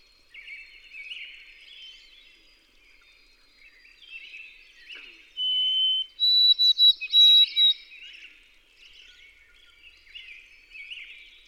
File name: White-throated Sparrow